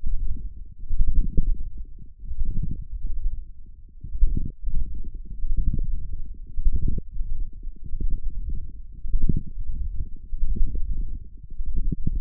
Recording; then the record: forearm muscle sounds (acoustic myography)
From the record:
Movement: wrist flexion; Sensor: system 1, eight BSWA MPA416 microphones around the upper forearm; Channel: 8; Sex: male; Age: 23 years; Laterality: right